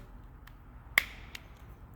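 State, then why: Seated. A metal bracket is placed on top of a 2011-2018 Land Rover/Range Rover/Jaguar car key fob and gently pressed down during a key fob battery replacement. One sharp, loud snap at 1.0 s marks the bracket clicking home, with faint ticks at about 0.5 s and 1.4 s. The bracket is seated.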